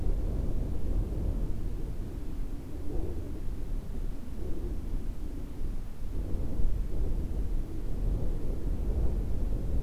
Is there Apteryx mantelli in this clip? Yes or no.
no